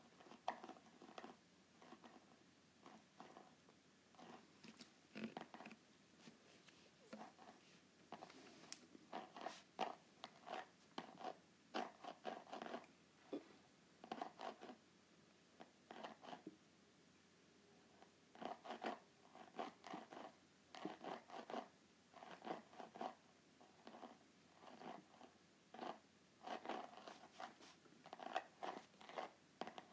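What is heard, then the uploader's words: ASMR sounds on a groovy notepad: crisp scratchy tapping and rubbing in irregular bursts, denser after eighteen seconds, with brief quiet pauses between. ASMR Groovy Note Pad.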